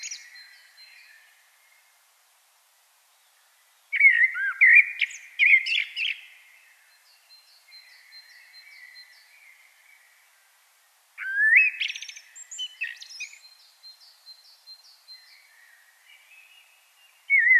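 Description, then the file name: Common blackbird song: flute-like phrases, each trailing into soft, high, squeaky twittering, separated by pauses. "Turdus merula"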